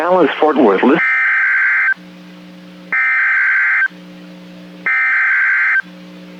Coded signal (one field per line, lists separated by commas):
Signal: Emergency Alert System (SAME) tones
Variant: header bursts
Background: speech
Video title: A Compilation Of Eas Alerts From 1/10/2020: EAS 1 Through 12